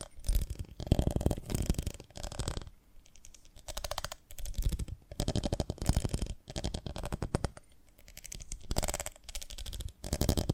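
Honeycomb on a branch gives off dense bursts of sticky, crackling clicks, arriving roughly every second with short quiet gaps between them.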